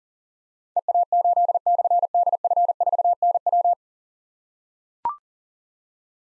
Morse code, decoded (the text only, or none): EA8/DF4NW